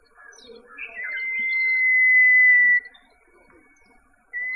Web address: Common Iora